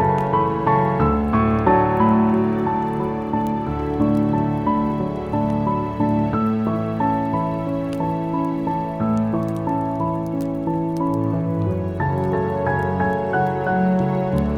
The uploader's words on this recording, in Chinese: 這首音樂結合舒緩鋼琴曲與柴火燃燒的音效。This track is remixed with soft piano and the sound of fire burning.